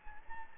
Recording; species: mosquito wingbeat signal from an infrared sensor; Anopheles gambiae